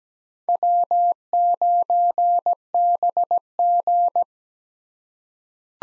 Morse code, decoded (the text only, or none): W9BG